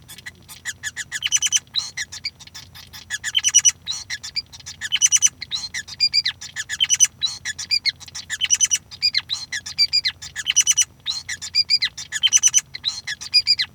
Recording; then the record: song of a male Bengalese finch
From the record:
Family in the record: son of father 5